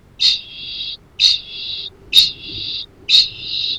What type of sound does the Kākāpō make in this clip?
ching call